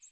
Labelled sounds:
American Redstart flight call

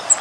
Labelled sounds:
Cape May Warbler flight call

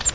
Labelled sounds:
Grace's Warbler flight call

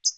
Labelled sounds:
Hooded Warbler flight call

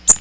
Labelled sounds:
Magnolia Warbler flight call

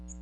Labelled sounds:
Magnolia Warbler flight call

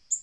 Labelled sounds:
Black-throated Green Warbler flight call

